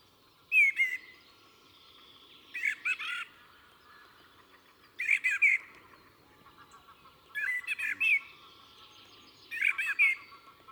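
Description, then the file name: Common blackbird calling in several short bursts, each a cluster of hard clicks with a brief squeaky whistle. "Turdus merula"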